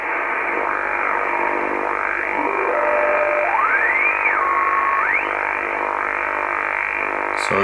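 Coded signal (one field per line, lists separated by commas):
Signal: radar signal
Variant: over-the-horizon radar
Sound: harsh rasping buzz filling the band, with a lone whistle gliding up then down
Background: radio static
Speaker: if you hear such a buzzing sound on your radio this is an over Horizon radar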